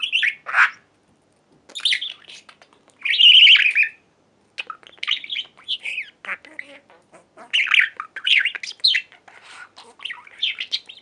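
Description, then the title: Budgerigar chatter with loud harsh squawks and quick chirps, delivered in uneven bursts. "Budgie Sounds"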